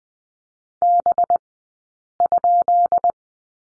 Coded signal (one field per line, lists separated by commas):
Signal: Morse code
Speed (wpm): 20 wpm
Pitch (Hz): 700 Hz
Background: none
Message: B?